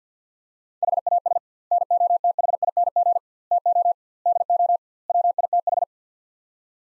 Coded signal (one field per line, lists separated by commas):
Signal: Morse code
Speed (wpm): 50 wpm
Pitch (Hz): 700 Hz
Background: none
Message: HAS NOTHING TO DO WITH